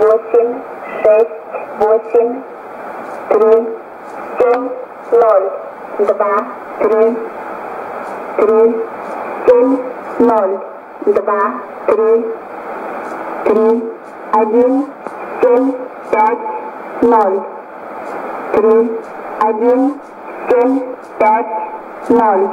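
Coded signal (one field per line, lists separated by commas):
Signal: numbers station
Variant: S06s, Russian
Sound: a voice reading short evenly spaced Russian numbers over a narrow, noisy radio channel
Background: radio static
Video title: 03 03 2015 Numbers station S06s 1014 on 7340 USB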